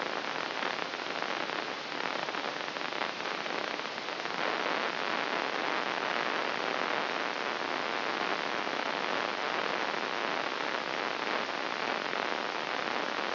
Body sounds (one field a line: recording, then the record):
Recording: brain microelectrode recording played as sound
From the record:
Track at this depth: inside the subthalamic nucleus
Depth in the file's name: 2.534 mm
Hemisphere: left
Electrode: 3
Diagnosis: Parkinson's disease